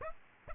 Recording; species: mosquito wingbeat signal from an infrared sensor; Aedes aegypti